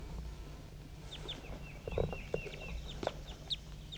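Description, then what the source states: Crossbills giving several short chirped calls over a low steady hum. Newly released crossbills perking up and giving a few calls; bird 18 heard.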